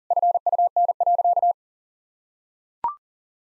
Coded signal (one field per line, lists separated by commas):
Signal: Morse code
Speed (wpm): 40 wpm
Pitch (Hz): 700 Hz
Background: none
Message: FUN.